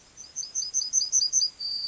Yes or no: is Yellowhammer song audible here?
yes